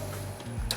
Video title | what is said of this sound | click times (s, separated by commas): The E92 M3 gets its first mods!! (Completely changed look for under $150) | and they literally just pop out just like that pop it right out | 0.7 s